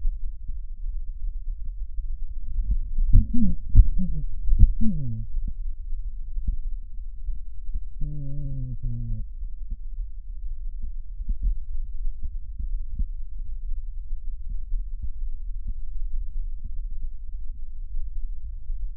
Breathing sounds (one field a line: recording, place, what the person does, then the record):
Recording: lung sounds by stethoscope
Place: right anterior apical chest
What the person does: quiet breathing, then cough and speech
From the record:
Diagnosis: COPD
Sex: male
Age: 64 years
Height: 166 cm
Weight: 92.7 kg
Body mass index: 33.6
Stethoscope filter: bell mode